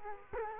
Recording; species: mosquito wingbeat signal from an infrared sensor; Culex quinquefasciatus